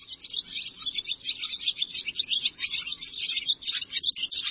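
Bird chirping in a rapid jumble of high twittering notes, busy and continuous, rising and falling in loudness.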